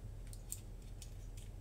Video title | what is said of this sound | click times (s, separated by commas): Switching into Hardware Mode | there's a nice clip to them | 0.5 s